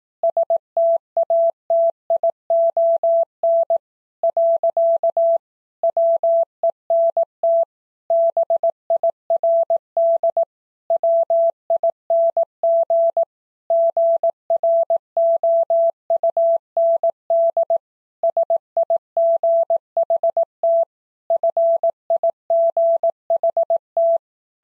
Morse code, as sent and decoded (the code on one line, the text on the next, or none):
... - .- - .. --- -. / .-.-.- / .-- . -. - / -... .. .-. -.. / .-- .. -. --. / --. .-. --- ..- -. -.. / ... .. --. .... - / ..-. .. --. .... -
STATION . WENT BIRD WING GROUND SIGHT FIGHT